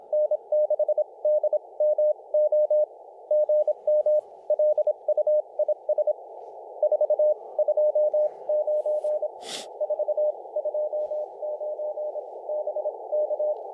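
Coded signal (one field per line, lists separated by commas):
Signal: Morse code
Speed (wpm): 24 wpm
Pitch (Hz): 590 Hz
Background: none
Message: N6DMO GM LUIS 4 29 4 29 BK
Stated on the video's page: Summits On The Air activation on a mountain.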